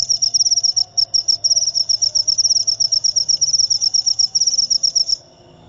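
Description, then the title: Cricket trilling, a fast high pulsed chirp with brief breaks, stopping abruptly before the end, faint low background hum. Loud cricket chirping (ngerik) played to make lovebirds sing continuously (ngekek). "Suara JANGKRIK NGERIK Keras Bikin LOVEBIRD Jadi NGEKEK Terus Vubey"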